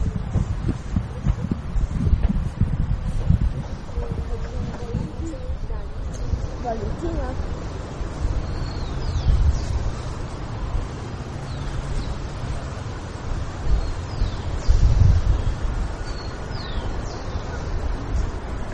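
A sound map of the Santa Maria del Lago wetland, held under a steady low rumble of wind buffeting the microphone throughout. Faint bird chirps flick high above it now and then, and a brief murmur of voices surfaces early, with a louder gust near fifteen seconds.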